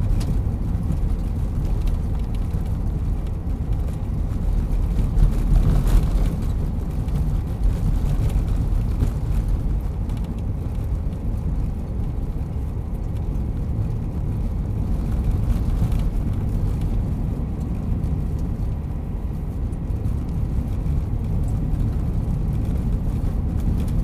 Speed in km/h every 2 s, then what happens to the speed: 56, 57, 56, 57, 56, 58, 57, 57, 56, 57, 56, 56.
0-24 steady at about 56.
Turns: none.